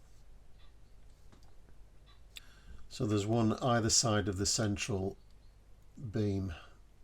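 A small swinging boom for a Trumpeter 1/200 plastic model of HMS Hood, fitted with a Pontos detail set, is handled and pushed toward its locating slot on the hull, one either side of the central beam. Someone talks over faint handling ticks, including a short sharp tick near 2.4 s. Nothing has seated or clicked into the slot yet.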